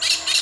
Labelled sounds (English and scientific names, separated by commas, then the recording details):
Brown-throated Parakeet (Eupsittula pertinax) contact call
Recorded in Venezuela
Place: Maracay, UCV-Agronomy campus
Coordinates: 10.278, -67.607